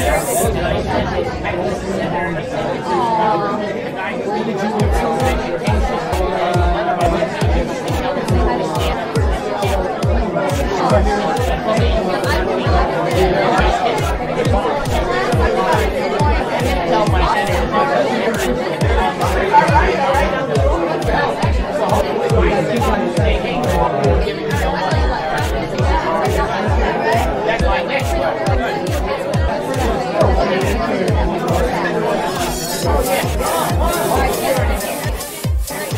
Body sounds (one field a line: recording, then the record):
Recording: background sound without coughing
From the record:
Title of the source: Nightlife Party Simulating Party Club Noise 1 Hour